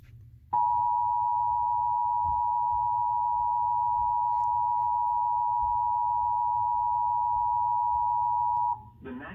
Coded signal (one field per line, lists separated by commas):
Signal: Emergency Alert System (SAME) tones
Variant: 853 and 960 Hz attention tone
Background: speech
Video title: EAS #173 TV PHI Tornado Warning 7/29/21 7:10 PM EDT